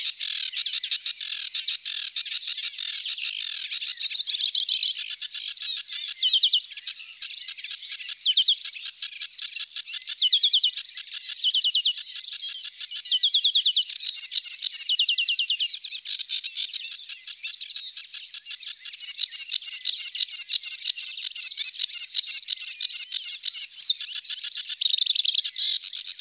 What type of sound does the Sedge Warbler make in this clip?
song